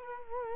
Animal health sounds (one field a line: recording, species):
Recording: mosquito wingbeat signal from an infrared sensor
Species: Culex quinquefasciatus